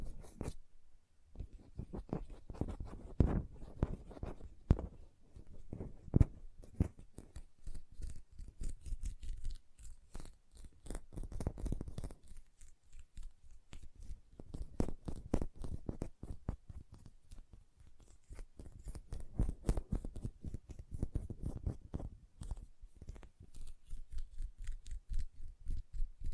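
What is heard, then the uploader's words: Hands at work: dense, quick tapping of nails in uneven bursts, with soft rubbing and squishing of lotion between them. The clicks come many per second, crisp and bright, with brief lulls around 2, 12 and 23 seconds before resuming. Hand Sounds, Nail Tapping and Lotion Sounds.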